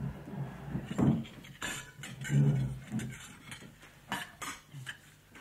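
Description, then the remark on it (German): Silver tableware, Meissen porcelain and French crystal clatter at a dinner table in a steady stream of irregular clinks and scrapes, with brighter metallic taps standing out now and then over a low background murmur. “Damastenes Tischzeug, silbernes Essgeschirr, Porzellan aus Meißen, Kristall aus Frankreich.”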